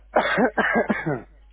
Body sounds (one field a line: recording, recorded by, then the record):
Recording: voluntary cough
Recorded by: telephone call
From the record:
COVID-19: positive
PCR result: self-reported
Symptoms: no